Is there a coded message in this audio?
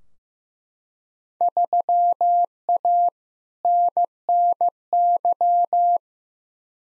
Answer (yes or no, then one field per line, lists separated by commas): yes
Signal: Morse code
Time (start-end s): 1.4-6.0 s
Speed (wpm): 15 wpm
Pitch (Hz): 700 Hz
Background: none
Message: 3A NNY